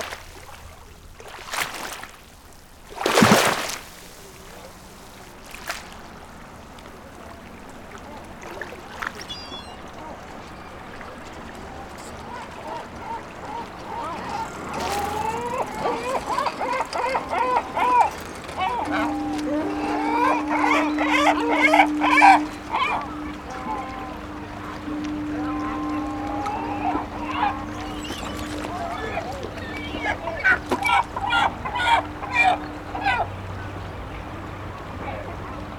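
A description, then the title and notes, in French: Port-town ambience near Cherbourg: sharp knocks early, then busy bird calls and voices over a steady low engine hum, like a boat idling. Impression sonore de la ville portuaire de Cherbourg et de ses environs (Quettehou, St Vaast La Hougue). Prises de son : Nicolas Dubois © Sound Fishing.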